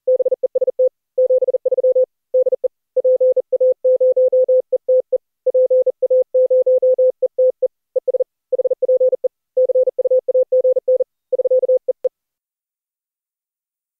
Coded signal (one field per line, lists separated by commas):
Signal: Morse code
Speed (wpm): 38 wpm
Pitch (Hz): 510 Hz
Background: none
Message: BEST 73 DE PA0ETE PA0ETE ES HPE CUAGN <SK>EE